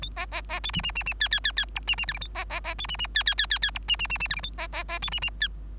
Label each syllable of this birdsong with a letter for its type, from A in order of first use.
A B B B C D D D D E E E E F D D G H A B B B C D D E E E E E F D D D D G H A B B B C D D E